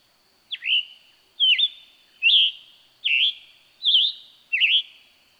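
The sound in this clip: Scarlet tanager delivering six burry, hoarse phrases in a quick, regular run.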